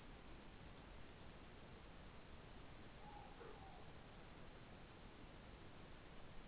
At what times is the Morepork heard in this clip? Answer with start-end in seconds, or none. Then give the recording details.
2.87-3.82. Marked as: faintness 3/5. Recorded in New Zealand. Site Taranaki